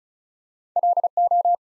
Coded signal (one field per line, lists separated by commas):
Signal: Morse code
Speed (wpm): 36 wpm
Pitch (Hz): 700 Hz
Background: none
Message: LO